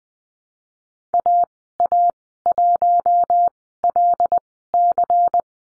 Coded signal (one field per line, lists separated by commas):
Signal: Morse code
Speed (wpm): 20 wpm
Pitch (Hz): 700 Hz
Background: none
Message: AA1LC